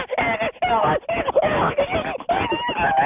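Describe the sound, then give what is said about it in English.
A human voice imitates the frantic, high-pitched panic screams of wild dogs in a frenzy, such as a pack of African painted dogs: a string of wavering, yelping cries in rapid bursts with brief gaps, fairly loud throughout. “It's a high pitched panic scream that almost seems to disorient the predator at the time or the prey at the time.”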